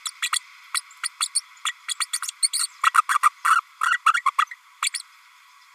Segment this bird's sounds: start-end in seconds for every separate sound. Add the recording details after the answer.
0.05-0.11, 0.22-0.29, 0.32-0.39, 0.74-0.81, 1.03-1.08, 1.20-1.28, 1.35-1.41, 1.65-1.73, 1.88-1.94, 2.00-2.06, 2.13-2.19, 2.22-2.27, 2.42-2.50, 2.53-2.67, 2.83-2.91, 2.94-3.01, 3.08-3.18, 3.23-3.29, 3.44-3.60, 3.83-4.00, 4.13-4.23, 4.25-4.30, 4.38-4.45, 4.51-4.55, 4.82-4.90, 4.93-5.02. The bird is a female. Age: 32 days. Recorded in a nest box in Venezuela. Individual 17B32A5